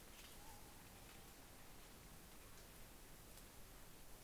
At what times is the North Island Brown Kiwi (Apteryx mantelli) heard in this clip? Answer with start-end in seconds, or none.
none